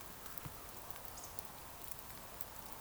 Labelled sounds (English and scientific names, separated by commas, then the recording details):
Eurasian Woodcock (Scolopax rusticola) whistle
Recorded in Baden-Württemberg, Germany, on 28 June 2020 at 02:30 UTC
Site 43791, 788 m above sea level